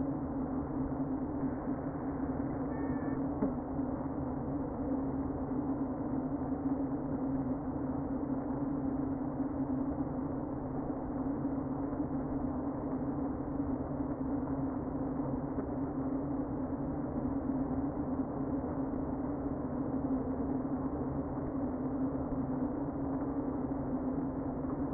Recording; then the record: honeybee colony, microphone inside the hive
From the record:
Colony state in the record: queen present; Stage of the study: before two queens were removed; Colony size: about 60,000 bees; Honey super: yes